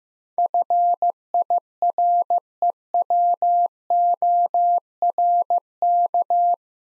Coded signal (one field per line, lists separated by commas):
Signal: Morse code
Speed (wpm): 15 wpm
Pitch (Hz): 700 Hz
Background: none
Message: FIREWORK